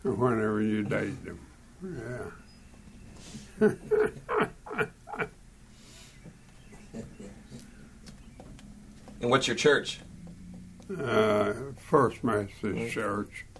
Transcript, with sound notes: whenever you dated them, yeah [Laughing]
And what’s your church?
First Methodist Church